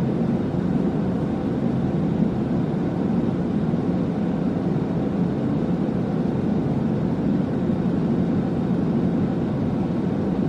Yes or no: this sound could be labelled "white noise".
yes